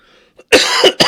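After a brief quiet moment, an adult man gives two quick, harsh cough bursts, the first longer, the second cut short, in a small room. This is an isolated cough from a recently caught common cold.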